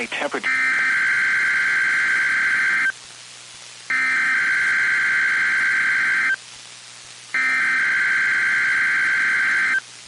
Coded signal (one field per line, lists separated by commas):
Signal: Emergency Alert System (SAME) tones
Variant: header bursts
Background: speech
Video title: PBZ RWT (2/24/21) EAS 199